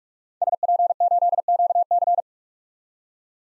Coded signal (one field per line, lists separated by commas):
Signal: Morse code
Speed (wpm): 41 wpm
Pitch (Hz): 700 Hz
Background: none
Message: SP8QC